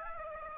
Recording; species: mosquito wingbeat signal from an infrared sensor; Aedes aegypti